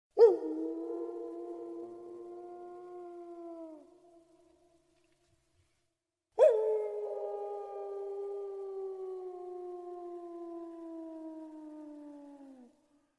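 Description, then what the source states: Wolf howling twice: each long, steady howl starts abruptly, holds a mid-pitched tone with slight fall for several seconds, separated by a quiet pause. A lone wolf howling.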